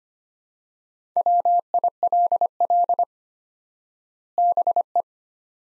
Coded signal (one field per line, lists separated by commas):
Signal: Morse code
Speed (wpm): 25 wpm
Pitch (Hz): 700 Hz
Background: none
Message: WILL BE